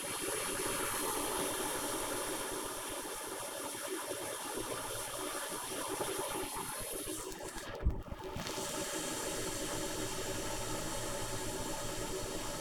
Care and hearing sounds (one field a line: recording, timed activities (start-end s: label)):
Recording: household activities, microphone on the right wrist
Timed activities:
0.00-12.61 s: making tea